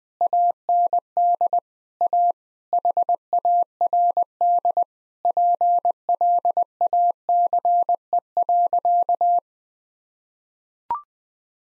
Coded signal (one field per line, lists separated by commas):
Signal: Morse code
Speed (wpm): 20 wpm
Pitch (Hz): 700 Hz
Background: none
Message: AND A HARD PLACE.